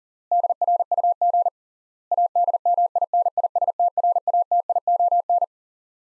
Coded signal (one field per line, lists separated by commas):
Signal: Morse code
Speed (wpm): 40 wpm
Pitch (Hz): 700 Hz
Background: none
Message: DRUG ADMINISTRATION